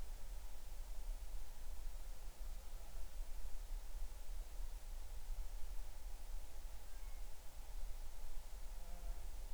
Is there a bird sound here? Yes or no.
no